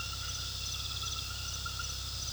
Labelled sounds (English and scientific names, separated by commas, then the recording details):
none
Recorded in pastures near Puerto Asís, Putumayo, Colombia, on 18 February 2024 at 21:00
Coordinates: 0.486, -76.323
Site G6462